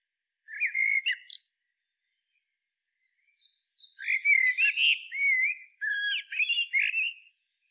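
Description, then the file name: Common blackbird song: a short fluted phrase with a high squeak, a pause, then a longer run of mellow warbled whistles and twittering notes. "Turdus merula"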